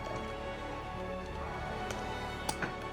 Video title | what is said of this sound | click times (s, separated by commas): Build A Robot Car in 45 Minutes – Easy DIY Guide! | plug this in until you hear it click. | 2.5 s